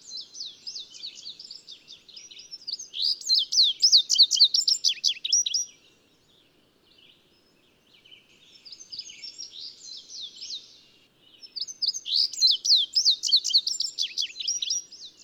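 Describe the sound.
Bird song: bursts of fast, high twittering chirps, with a quiet gap in the middle before another loud burst.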